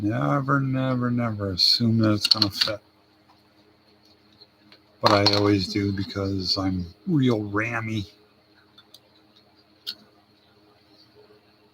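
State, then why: Not seated. Someone talks while test-fitting a plastic piece into an RC model truck body before gluing, with faint handling ticks around 4.3, 4.7, 8.8, 9.0 and a sharper one at 9.9 seconds. The part is being handled and is not yet home; nothing has seated or clicked yet.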